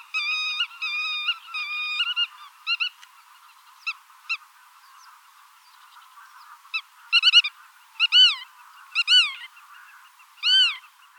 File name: Pittima Reale